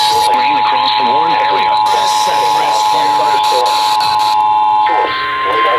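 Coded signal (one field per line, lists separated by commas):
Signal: Emergency Alert System (SAME) tones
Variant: 853 and 960 Hz attention tone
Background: speech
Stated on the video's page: Flash flood warning relayed on NOAA weather radio stations WXL58 and WNG706 and multiple FM stations.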